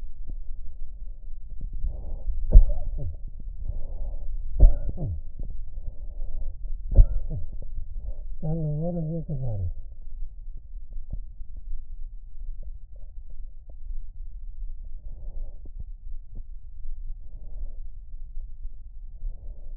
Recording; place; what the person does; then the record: lung sounds by stethoscope; right anterior apical chest; quiet breathing, then cough and speech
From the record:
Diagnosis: COPD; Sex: male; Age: 77 years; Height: 172 cm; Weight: 85.2 kg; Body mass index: 28.8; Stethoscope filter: extended mode